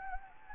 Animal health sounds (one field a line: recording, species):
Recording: mosquito wingbeat signal from an infrared sensor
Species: Anopheles gambiae